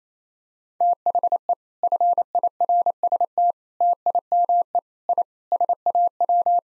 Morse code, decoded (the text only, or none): THE FIRST TIME I SAW